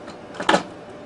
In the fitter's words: all you just twist it a little bit you hear it click don't